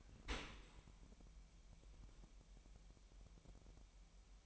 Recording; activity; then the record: daily activity, microphone in the room; open dishwasher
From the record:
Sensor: 1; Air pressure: 998.2 hPa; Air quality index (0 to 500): 140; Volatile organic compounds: 4 ppm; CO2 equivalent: 1678 ppm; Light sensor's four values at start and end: 16/54/21/22 and 16/54/21/22